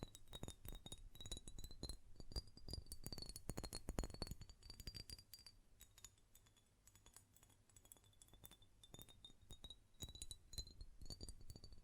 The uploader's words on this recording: ASMR Glass Perfume Bottle Tapping & Lid Sounds (No Talking).